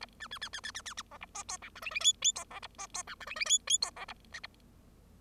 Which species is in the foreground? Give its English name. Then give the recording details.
Bengalese Finch. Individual Bird0